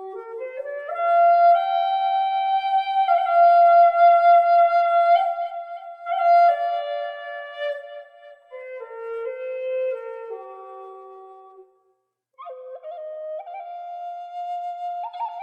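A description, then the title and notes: A wooden flute plays long, sustained mid-high notes in a slow descending phrase, pausing briefly near twelve seconds before resuming a held tone. Peaceful, Soothing Wooden Flute for Relaxation and Meditation.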